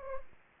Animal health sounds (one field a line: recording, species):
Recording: mosquito wingbeat signal from an infrared sensor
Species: Culex pipiens